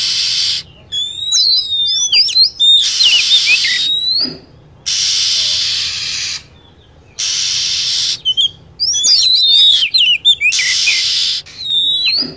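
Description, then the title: Lovebird chatter: dense clusters of shrill chirps and bent whistles repeat between recurring patches of hissing noise. Lure recording used to attract lovebirds. "PIKAT BURUNG LOVEBIRD"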